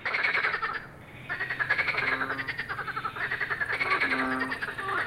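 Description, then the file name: Frog chorus of rough pulsed croaks, a short lull near the first second, then dense calling again. "grenouilles"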